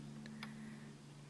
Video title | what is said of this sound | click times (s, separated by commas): Panasonic DVX200 review and run & shoot possible issues | you can hear it snap in | 0.3 s, 0.4 s